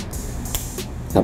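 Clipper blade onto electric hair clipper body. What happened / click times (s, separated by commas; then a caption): The snap-on blade clicked into place / 0.5 s, 1.2 s. A detachable cutting blade, adjusted further forward, is pressed back onto an electric hair clipper body until it snaps into place. Two sharp, short clicks are heard at 0.6 s and 1.2 s, and the blade is seated on the clipper.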